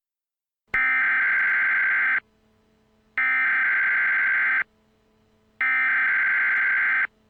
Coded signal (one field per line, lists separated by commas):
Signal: Emergency Alert System (SAME) tones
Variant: header bursts